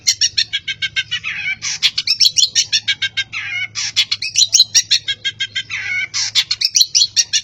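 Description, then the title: Long-tailed shrike song: dense bursts of harsh, scratchy chatter and clicks, with short pauses between phrases, over a faint low hum. "Cendet"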